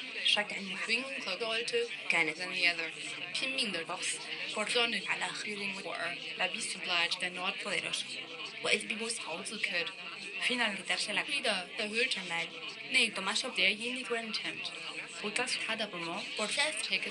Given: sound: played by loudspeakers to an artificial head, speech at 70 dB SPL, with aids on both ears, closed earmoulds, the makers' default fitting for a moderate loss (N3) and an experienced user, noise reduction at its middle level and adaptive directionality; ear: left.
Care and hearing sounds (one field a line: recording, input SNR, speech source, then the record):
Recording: speech test signal (ISTS) in cocktail-party noise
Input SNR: +6 dB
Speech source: in front (0 degrees)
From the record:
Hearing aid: class 2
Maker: I